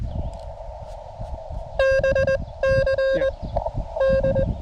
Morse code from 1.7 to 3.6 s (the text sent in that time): BC